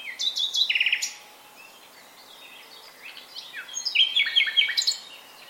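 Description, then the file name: Common nightingale singing two loud phrases of rapidly repeated notes and rattles, separated by a quieter gap of soft chirps. "Luscinia megarhynchos"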